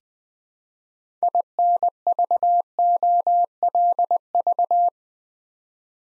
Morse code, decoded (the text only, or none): INVOLV